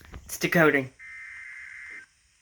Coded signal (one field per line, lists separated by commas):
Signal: Emergency Alert System (SAME) tones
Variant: header bursts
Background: speech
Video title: A EASter event (get it? EAS + Easter = EASter) (eas alerts from April 5th 2026)